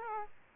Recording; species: mosquito wingbeat signal from an infrared sensor; Aedes aegypti